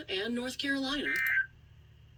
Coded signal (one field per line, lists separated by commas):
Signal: Emergency Alert System (SAME) tones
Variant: end-of-message bursts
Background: speech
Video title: (L.S. EAS #264) Tornado Warning in Florida